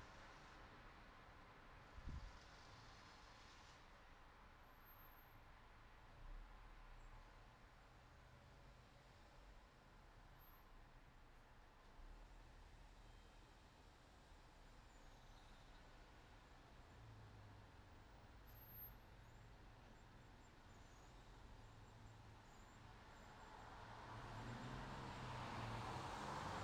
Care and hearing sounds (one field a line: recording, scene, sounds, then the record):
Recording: everyday scene through a hearing-aid microphone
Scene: in traffic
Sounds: traffic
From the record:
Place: city secondary road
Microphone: in the ear canal, right